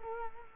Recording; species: mosquito wingbeat signal from an infrared sensor; Culex quinquefasciatus